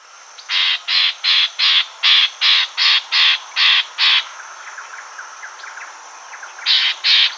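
Bird giving harsh, raspy calls in a fast even series of about ten, a pause with faint chirps, then two more calls.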